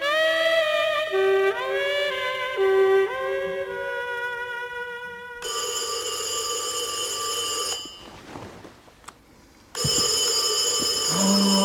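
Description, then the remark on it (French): A telephone rings loudly with shrill, bright bell tones in two sustained bursts separated by a short quiet gap, preceded by a run of steady tones that repeatedly glide upward in pitch. “Ce téléphone. On ne peut jamais être tranquille tous les deux.”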